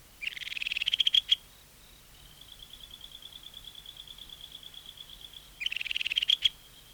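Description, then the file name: Ryukyu kajika frog calls in two bursts of rapid, high chirping pulses that swell in loudness, with a thin steady high tone running between them. "Buergeria Japonica Is Calling"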